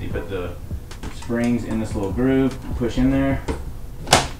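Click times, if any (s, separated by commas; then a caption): 4.1 s. Someone talks while the spring edge of a window screen is set in the groove and pushed in. At 4.1 s the screen snaps into the window frame with a sharp, loud hit, seated.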